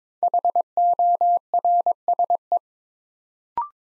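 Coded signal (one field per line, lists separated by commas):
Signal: Morse code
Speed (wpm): 22 wpm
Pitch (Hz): 700 Hz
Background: none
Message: HORSE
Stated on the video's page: New-word Morse drill from the top 300 words at 22 wpm; each word sent in Morse, spoken, then sent again.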